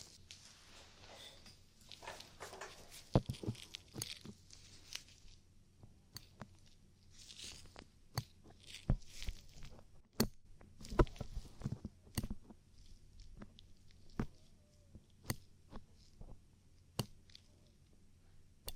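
Ear cleaning sounds made of scratchy rustles and sharp clicks and taps. The taps come irregularly, every second or so, with a brighter cluster of pops between about 3 and 13 seconds. A steady low hum runs underneath throughout.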